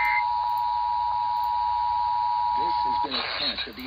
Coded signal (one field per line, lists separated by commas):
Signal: Emergency Alert System (SAME) tones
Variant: 853 and 960 Hz attention tone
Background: speech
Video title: EAS #334-349: EAS Alert Compilation for Week of 9/13/21